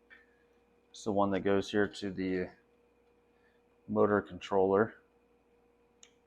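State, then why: Seated. Someone talks as a wiring harness cable connector is plugged into its socket on the motor controller of an EZGO golf cart. The connector seats with a single sharp click at 6.0 s.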